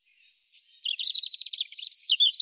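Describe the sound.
European robin song, a fast tumbling run of high twittering notes that grows louder and more varied, delivered as one continuous rippling phrase.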